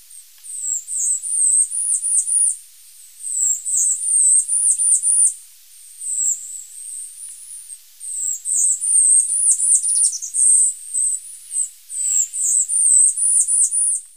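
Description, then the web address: Tanager finch song: very high, wavering, squeaky phrases repeated in bursts with short pauses, over a quiet background. Ecuador. "Birds of Ecuador Tanager Finch"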